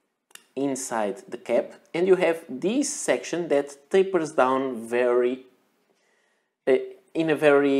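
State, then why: Seated. A Platinum Glamour fountain pen cap is pushed back onto the pen barrel and clicks securely into place with a sharp double tick at 0.3 and 0.4 seconds. Someone talks for the rest of the clip.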